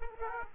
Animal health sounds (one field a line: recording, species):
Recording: mosquito wingbeat signal from an infrared sensor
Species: Aedes aegypti